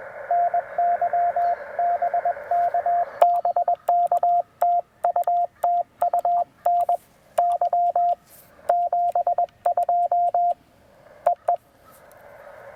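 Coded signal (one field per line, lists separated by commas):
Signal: Morse code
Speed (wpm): 21 wpm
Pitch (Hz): 700 Hz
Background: radio noise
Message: NY BK BK TU TU NY 72 EE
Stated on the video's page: Morse sent with a double paddle on a Penntek TR-45L during a POTA park activation, using a 40-meter end-fed half-wave antenna and battery power.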